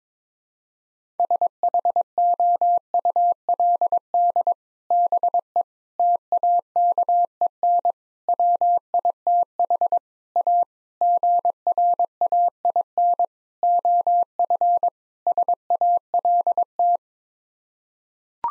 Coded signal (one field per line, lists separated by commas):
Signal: Morse code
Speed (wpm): 22 wpm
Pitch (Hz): 700 Hz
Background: none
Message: SHOULD BE TAKEN WITH A GRAIN OF SALT